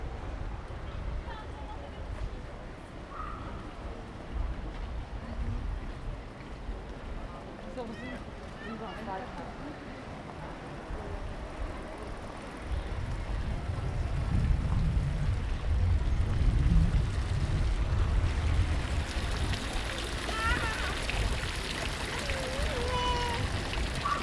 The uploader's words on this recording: Sounds of Ulm (Soundscapes meets Kulturradio).